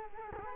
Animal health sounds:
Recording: mosquito wingbeat signal from an infrared sensor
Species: Culex quinquefasciatus

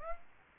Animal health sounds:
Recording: mosquito wingbeat signal from an infrared sensor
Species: Aedes aegypti

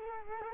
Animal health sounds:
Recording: mosquito wingbeat signal from an infrared sensor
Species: Culex quinquefasciatus

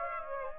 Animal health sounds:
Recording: mosquito wingbeat signal from an infrared sensor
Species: Aedes aegypti

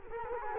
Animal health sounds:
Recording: mosquito wingbeat signal from an infrared sensor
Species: Culex quinquefasciatus

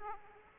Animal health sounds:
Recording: mosquito wingbeat signal from an infrared sensor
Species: Aedes aegypti

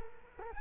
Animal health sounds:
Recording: mosquito wingbeat signal from an infrared sensor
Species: Culex quinquefasciatus

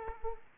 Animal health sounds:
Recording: mosquito wingbeat signal from an infrared sensor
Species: Aedes aegypti

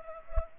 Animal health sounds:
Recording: mosquito wingbeat signal from an infrared sensor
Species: Culex pipiens

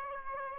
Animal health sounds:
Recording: mosquito wingbeat signal from an infrared sensor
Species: Aedes aegypti

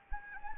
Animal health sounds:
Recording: mosquito wingbeat signal from an infrared sensor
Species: Anopheles gambiae

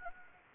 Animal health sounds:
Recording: mosquito wingbeat signal from an infrared sensor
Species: Anopheles gambiae

